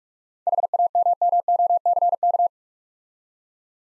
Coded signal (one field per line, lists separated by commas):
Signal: Morse code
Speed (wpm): 46 wpm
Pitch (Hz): 700 Hz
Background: none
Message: HAMMOCK